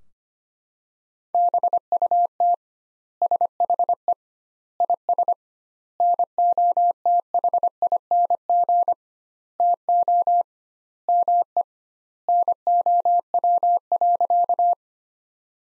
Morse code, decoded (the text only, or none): BUT SHE IS NOTHING TO ME NOW.